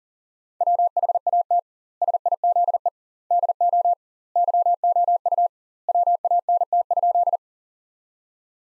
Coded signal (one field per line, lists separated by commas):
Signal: Morse code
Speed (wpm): 40 wpm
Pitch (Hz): 700 Hz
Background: none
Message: WHAT SIZE DO YOU WANT?